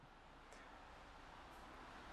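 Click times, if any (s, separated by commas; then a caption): none. A carbon motor brush clip is picked up and lined up over the brush holder of a treadmill drive motor, with only a steady broadband background hiss and faint soft handling rustles. Nothing has seated or clicked yet.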